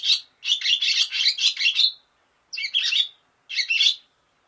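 Barn swallow calls: a long, scratchy, stuttering chatter of about one and a half seconds, followed by two shorter harsh bursts.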